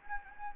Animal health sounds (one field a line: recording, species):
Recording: mosquito wingbeat signal from an infrared sensor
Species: Anopheles gambiae